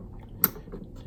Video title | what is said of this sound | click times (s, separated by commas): Pinshakers Shaker Motor, Driver Board, & Power Supply Install | to it snaps in place do | 0.4 s